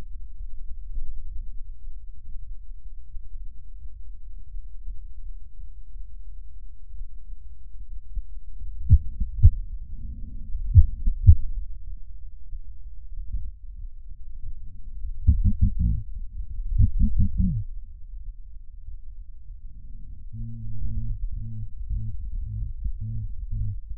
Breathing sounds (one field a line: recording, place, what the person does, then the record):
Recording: lung sounds by stethoscope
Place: left posterior basal chest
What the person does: quiet breathing, then cough and speech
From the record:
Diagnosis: none (healthy)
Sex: male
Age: 23 years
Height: 185 cm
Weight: 93 kg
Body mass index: 27.2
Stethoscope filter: bell mode